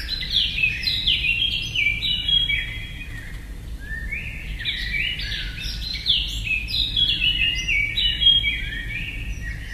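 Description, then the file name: Eurasian blackcap song, a hurried jumble of clear warbled and whistled notes in two long bursts, with a low constant hum underneath. "blackcap freesound"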